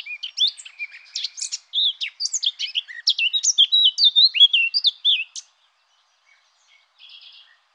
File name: Fauvette-à-tête-noire